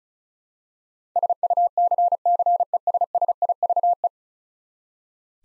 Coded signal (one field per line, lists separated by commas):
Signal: Morse code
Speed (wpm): 36 wpm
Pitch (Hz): 700 Hz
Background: none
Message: SUCCESSIVE